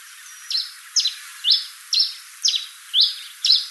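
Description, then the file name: Pileated finch calls: short, sharp high chips, repeated about twice a second, seven notes in all. "coryphospingus pileatus"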